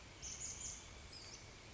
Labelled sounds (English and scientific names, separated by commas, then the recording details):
Western Flycatcher (Empidonax difficilis)
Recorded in Sonoma County, California